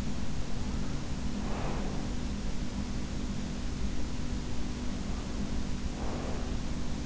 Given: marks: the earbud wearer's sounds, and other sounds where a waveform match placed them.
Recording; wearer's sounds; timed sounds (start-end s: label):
sounds in sleep by an in-ear microphone; breath
1.08-2.61 s: breath
5.10-7.06 s: breath